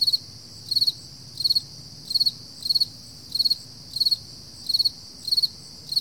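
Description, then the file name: Crickets giving rhythmic pulsed chirps, repeated many times, over a constant high insect hum. Early morning at 4 AM, summer, July 2012. "freesound Early Morning Summer Crickets 4 AMJuly 2012"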